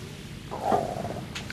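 A single loud, low, wavering growl-like gurgle from an adult's stomach lasts about two-thirds of a second against quiet room noise, with a faint click at the end. This is ordinary stomach rumbling (borborygmi), the harmless sound of gas and fluid moving through the gut.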